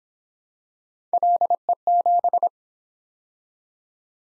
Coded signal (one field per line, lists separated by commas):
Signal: Morse code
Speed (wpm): 26 wpm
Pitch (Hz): 700 Hz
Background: none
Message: LE7